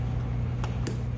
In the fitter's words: then you got another retainer it comes in and it just pops into place